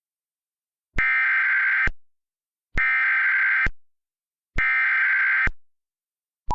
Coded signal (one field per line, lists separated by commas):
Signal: Emergency Alert System (SAME) tones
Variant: header bursts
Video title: Early BMH PQR Tornado Warning - EAS Recreation